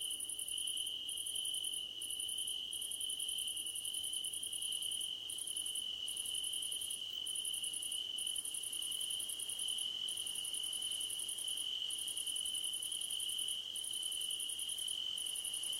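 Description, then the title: Crickets chirping nonstop: a constant shrill trill with a higher pulsing chirp sequence interrupted by brief pauses across the whole stretch. Crickets chirping at night under a starlit sky. "Nighttime Ambience with Crickets"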